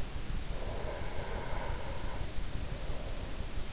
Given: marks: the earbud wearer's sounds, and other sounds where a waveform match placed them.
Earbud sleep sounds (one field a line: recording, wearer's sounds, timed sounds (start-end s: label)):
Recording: sounds in sleep by an in-ear microphone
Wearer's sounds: breath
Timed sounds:
0.24-3.73 s: breath